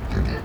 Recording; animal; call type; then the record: contact call of a hoofed animal; wild boar; grunt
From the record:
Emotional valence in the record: negative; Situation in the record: naturally occurring agonistic interactions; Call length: 0.44 s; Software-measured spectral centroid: 1880 Hz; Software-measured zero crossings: 1000 a second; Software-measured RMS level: -24 dBFS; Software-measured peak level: -11 dBFS